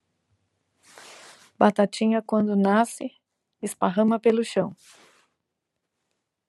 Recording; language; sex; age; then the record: short text; Brazilian Portuguese; female; 40 to 49 years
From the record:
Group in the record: control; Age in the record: 48 years